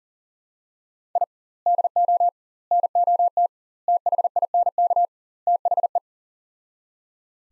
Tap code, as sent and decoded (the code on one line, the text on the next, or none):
none